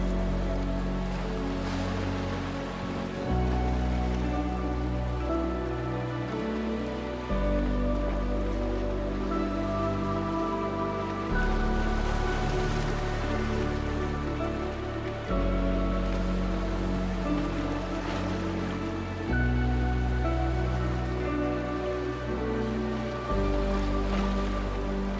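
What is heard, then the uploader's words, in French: Sea waves wash steadily beneath slow, sustained music, whose warm low chords shift about every four seconds. The surf forms a constant soft hiss, even, swelling gently at times without distinct breaking crashes. Son binaural de vagues de mer accompagné de musique.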